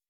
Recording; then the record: hydrophone in a shrimp aquaculture tank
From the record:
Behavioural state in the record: weakened